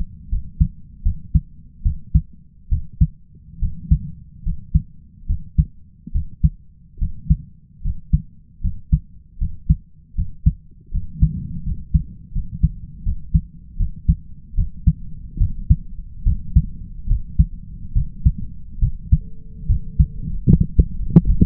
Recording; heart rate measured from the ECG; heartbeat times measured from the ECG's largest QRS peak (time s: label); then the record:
heart sounds by stethoscope; 74 bpm
0.29 s: heartbeat
1.03 s: heartbeat
1.83 s: heartbeat
2.69 s: heartbeat
3.59 s: heartbeat
4.43 s: heartbeat
5.26 s: heartbeat
6.12 s: heartbeat
6.98 s: heartbeat
7.82 s: heartbeat
8.61 s: heartbeat
9.38 s: heartbeat
10.15 s: heartbeat
10.91 s: heartbeat
11.63 s: heartbeat
12.32 s: heartbeat
13.03 s: heartbeat
13.77 s: heartbeat
14.55 s: heartbeat
15.38 s: heartbeat
16.24 s: heartbeat
17.07 s: heartbeat
17.93 s: heartbeat
18.79 s: heartbeat
19.67 s: heartbeat
20.46 s: heartbeat
21.26 s: heartbeat
From the record:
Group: healthy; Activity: rest 0-19 s, light exercise 19-22 s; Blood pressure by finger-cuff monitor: 120/71 mmHg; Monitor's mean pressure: 81 mmHg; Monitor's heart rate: 75 bpm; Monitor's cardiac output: 5.5 L/min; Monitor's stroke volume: 71 mL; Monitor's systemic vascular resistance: 1090 dyn s/cm5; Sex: male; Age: 20 years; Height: 167 cm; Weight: 61 kg